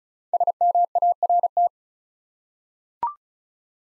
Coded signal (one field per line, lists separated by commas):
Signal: Morse code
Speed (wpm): 36 wpm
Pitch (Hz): 700 Hz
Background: none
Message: SMART